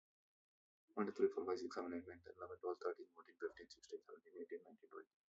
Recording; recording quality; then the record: counting at a fast pace; excellent, no background noise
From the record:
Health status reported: COVID-19 positive, mild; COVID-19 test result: positive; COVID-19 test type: RT-PCR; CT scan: not taken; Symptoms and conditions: cough, cold, fever, fatigue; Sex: male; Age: 26 years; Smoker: no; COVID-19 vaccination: both doses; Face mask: not worn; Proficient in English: yes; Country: India